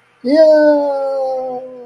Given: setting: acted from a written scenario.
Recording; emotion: vocal sound without words; elation